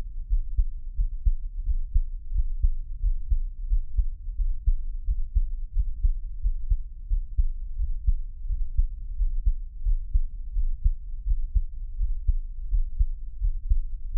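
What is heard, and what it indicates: An adult's own heartbeat, picked up by a close microphone on the heart, with no talking.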